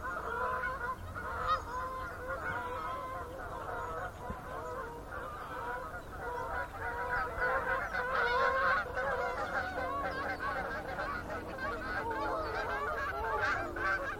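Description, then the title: Goose: geese in a flock, a steady stream of overlapping nasal honks and cackles. Geese in gaggles in fields and flooded meadows by the River Thame, England, UK, morning of 23 September 2023, excited by water across the meadows. "Gaggles of geese, River Thame, England, UK on 23rd September 2023 – by Paul Ridout"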